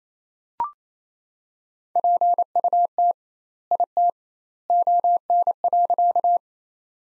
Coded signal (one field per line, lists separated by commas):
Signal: Morse code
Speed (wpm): 28 wpm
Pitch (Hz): 700 Hz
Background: none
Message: PUT IT ON.